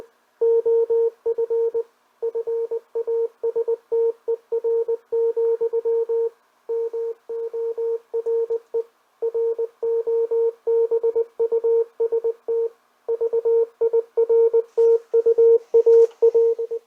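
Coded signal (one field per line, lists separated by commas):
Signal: Morse code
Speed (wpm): 20 wpm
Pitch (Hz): 460 Hz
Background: radio noise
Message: OF FASTER, MORE ROBUST VIRTUAA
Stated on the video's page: Received on a restored National NC-300 ham band receiver.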